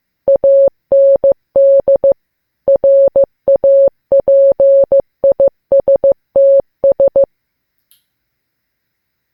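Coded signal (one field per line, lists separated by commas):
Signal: Morse code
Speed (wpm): 15 wpm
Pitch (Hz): 550 Hz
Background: none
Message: AND RAPISTS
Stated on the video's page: Morse learned and sent as a beginner's lesson.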